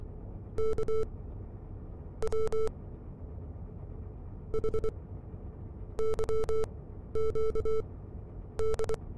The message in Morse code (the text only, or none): KWHYQD